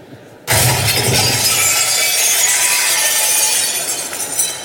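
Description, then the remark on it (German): Meissen porcelain shatters with a sudden loud crash, followed by a sustained bright, crackling rush of shards scattering and tinkling for several seconds before slowly fading. “Ich habe noch so gesagt, Scherben bringen Glück.”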